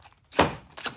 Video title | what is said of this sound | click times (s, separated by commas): Chevy Silverado Headlight Upgrade - Hawkglow LED Headlight Assembly Review & Install | Snaps into place. | 0.4 s